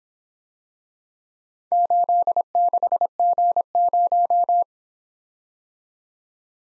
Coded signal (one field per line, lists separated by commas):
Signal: Morse code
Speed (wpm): 26 wpm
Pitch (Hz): 700 Hz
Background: none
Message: 86G0